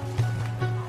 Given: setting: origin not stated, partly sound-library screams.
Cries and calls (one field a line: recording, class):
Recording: one-second piece from a danger detection set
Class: normal situation